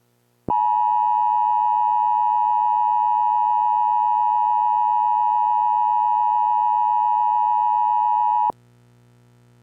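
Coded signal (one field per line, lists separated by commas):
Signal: Emergency Alert System (SAME) tones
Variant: 853 and 960 Hz attention tone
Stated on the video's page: Fictional EAS mock scenario.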